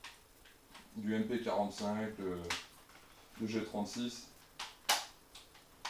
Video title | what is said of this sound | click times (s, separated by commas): Airsoft :Review / Présentation GHK G5 / Infos pratiques sur la replique (version longue) | se clipse bien, on sent que c'est solide. | 4.9 s